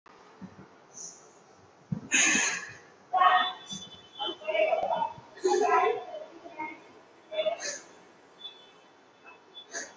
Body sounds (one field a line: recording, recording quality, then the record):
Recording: shallow breathing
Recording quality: excellent, no background noise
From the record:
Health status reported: COVID-19 positive, mild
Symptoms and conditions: cough, cold, sore throat, fever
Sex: female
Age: 23 years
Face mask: not worn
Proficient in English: yes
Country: India